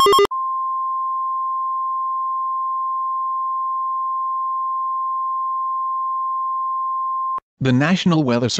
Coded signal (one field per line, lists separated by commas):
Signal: Emergency Alert System (SAME) tones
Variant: 1050 Hz attention tone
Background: speech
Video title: EAS Mock: SVR For Dearborn Heights, Michigan! MY CITY!!